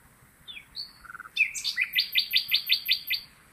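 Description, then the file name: Common nightingale song: a few soft whistled notes, then a loud series of many sharp repeated notes in quick, even succession. "Luscinia megarhynchos"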